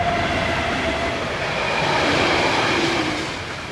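A train rumbles and rattles past close by, making cups on a table dance and a large refrigerator sway, a steady, loud wash of clattering noise with faint, thin metallic whines drifting over it. No voices.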